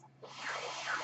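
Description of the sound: Soft airy hiss rises quickly and holds for about a second: a breath delivered by a home mechanical ventilator, audible between a man's spoken phrases.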